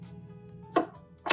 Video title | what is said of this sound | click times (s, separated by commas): Finished glam shots of a very unique dining table & chairs! | and yeah it snaps into place with a magnet it's almost too strong | 0.8 s